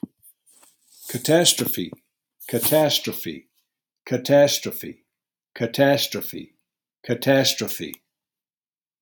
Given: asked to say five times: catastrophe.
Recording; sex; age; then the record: repeated word; male; 60 to 69 years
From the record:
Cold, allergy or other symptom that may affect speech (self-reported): no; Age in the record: 64 years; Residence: Florida, United States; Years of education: 13